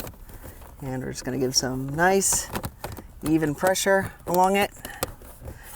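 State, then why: Seated. Someone talks while pressing a plastic dash trim piece back onto a Mustang's center dash with even pressure along its length, during a Sync 2 to Sync 3 upgrade. A single sharp click is heard at 5.0 s as the trim panel snaps and seats into place.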